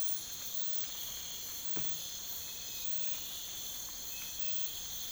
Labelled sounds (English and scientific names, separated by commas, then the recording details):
none
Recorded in pastures near Puerto Asís, Putumayo, Colombia, on 20 December 2024 at 04:30
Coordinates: 0.472, -76.329
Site G072